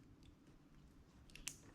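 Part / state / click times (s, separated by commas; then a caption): wire terminal into connector housing / seated / 1.5 s. A remaining wire terminal in the wiring of a Porsche 914 with a Ferrari swap is pushed home into its plastic connector housing, with faint ticks over a low background hum. A sharp click sounds at 1.5 s as the terminal seats, and all the terminals are confirmed in place.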